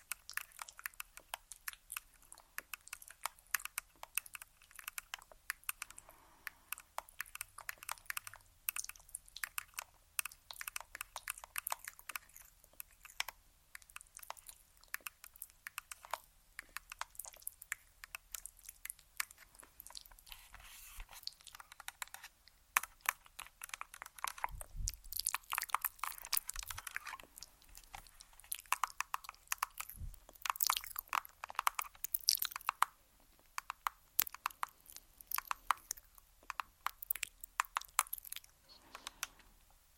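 Rapid tapping continues for the whole stretch, a dense, irregular patter of small, crisp clicks that sound almost like crunching. The taps stay bright and light throughout, with a few duller, heavier knocks near the middle and again shortly after.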